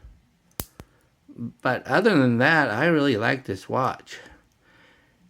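The stainless steel bracelet clasp end of a Pagani Design PD1762 NH34 watch is closed into its fold-over clasp as a demonstration of how it doesn't click well. It gives a single weak snap at 0.6 s, followed by a fainter tick at 0.8 s, and the clasp seats without a crisp click. Someone then talks.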